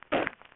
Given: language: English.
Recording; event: throat vibration sensor signal played as sound; cough